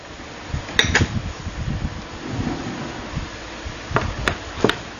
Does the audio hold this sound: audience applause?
no